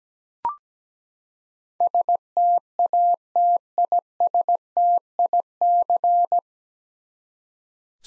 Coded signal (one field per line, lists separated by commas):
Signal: Morse code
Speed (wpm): 17 wpm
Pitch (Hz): 700 Hz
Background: none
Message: STATISTIC